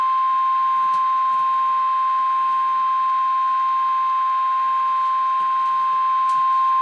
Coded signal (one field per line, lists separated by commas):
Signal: Emergency Alert System (SAME) tones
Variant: 1050 Hz attention tone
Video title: REAL EAS 584-Severe thunderstorm warning